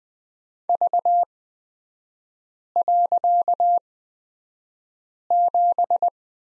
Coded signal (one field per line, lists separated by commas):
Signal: Morse code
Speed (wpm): 20 wpm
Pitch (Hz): 700 Hz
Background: none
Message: V.7